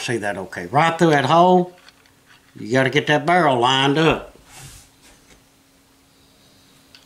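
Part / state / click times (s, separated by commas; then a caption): barrel aligned to takedown pin hole in pistol frame / not seated / none. Someone talks while lining up the barrel of a SCCY CPX-3 .380 pistol with the takedown pin hole in the frame so the pin can pass through. The parts are only being moved and aligned; the takedown pin has not been inserted or seated yet and nothing has clicked. After the talking ends around 4.3 s, there is a quiet stretch with faint handling and a small tick at 7.0 s.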